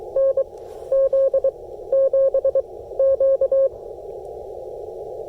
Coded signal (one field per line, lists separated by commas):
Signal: Morse code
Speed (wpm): 23 wpm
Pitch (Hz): 540 Hz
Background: none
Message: NZ7Q